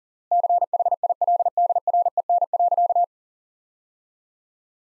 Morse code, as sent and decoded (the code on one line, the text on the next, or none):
-.-. .... .. .-.. -.. .-. . -. .-.-.-
CHILDREN.